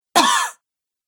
Woman Single Cough.